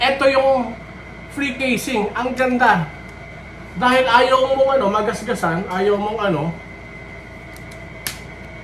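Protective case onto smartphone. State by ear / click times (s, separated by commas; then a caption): seated / 8.1 s. A free protective case is fitted onto a TECNO Camon 40 Pro 5G smartphone so it won't get scratched, while someone talks. After a pause, a single sharp click is heard at 8.1 s as the case seats into place.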